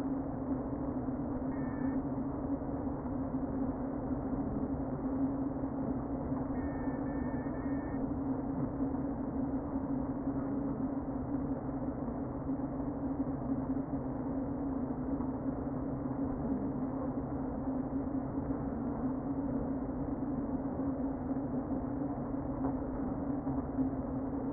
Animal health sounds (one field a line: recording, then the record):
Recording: honeybee colony, microphone inside the hive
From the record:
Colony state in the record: queen present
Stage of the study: before two queens were removed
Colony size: about 60,000 bees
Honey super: yes